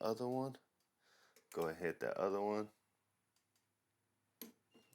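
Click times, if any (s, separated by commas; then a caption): 4.4 s. A click-type torque wrench tightens the second caliper mounting bolt on a Harley Road Glide during a brake pad replacement. Someone talks, then after a quiet stretch a single sharp click at 4.4 s shows the wrench reaching its setting, confirming the bolt is torqued and done.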